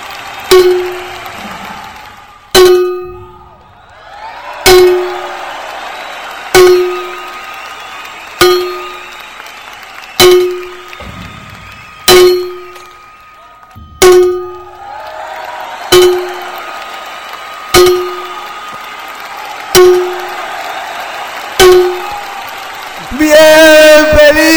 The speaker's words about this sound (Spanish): vamos con las dos de campanadas patrocinadas por Prado Rey